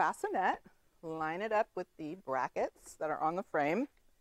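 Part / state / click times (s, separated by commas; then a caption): bassinet onto stroller frame brackets / not seated / none. A Joovy Qool stroller bassinet is lined up with the brackets on the stroller frame while someone talks. The clip ends before the bassinet goes home, so nothing has seated or clicked yet.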